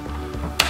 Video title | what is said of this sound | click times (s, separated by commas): How to Clean Shark Anti Hair Wrap Cordless Stick Vacuum Cleaner IZ201UK | to turn those. You should have three nice clicks. | 0.6 s